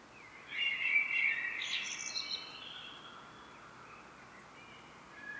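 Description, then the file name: Common blackbird singing one loud fluted phrase with a twittery finish, followed by a few soft, quiet notes. "Turdus merula"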